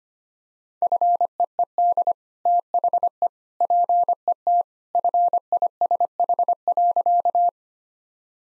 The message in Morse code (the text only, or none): FEED THE PET FISH.